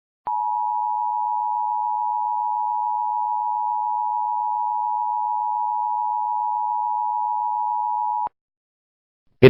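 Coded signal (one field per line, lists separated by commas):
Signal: Emergency Alert System (SAME) tones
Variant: 853 and 960 Hz attention tone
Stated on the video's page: Requested fictional EAS scenario for a Georgia power plant emergency, not real.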